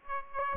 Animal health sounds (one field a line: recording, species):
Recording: mosquito wingbeat signal from an infrared sensor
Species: Aedes aegypti